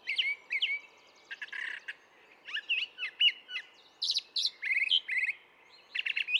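Brown thrasher song of varied phrases, often repeated in pairs, mixing whistles and harsh notes over steady low background noise.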